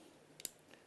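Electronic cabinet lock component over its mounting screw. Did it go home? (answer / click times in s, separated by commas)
yes / 0.4 s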